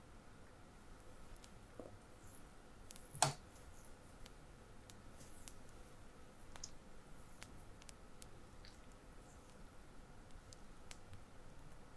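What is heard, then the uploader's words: Oil being rubbed into feet during a massage, a soft, steady hiss of skin sliding under the hands. Faint wet squishes and small clicks break through now and then, with one sharper slap or pop just after three seconds. A low, even hum runs underneath. Feet massage with oil. How beautiful the oil flows down feet.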